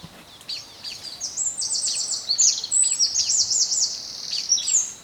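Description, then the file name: Eurasian wren singing a rapid, high-pitched outpouring of rattling trills and ringing notes that runs almost without pause. "Troglodytes troglodytes"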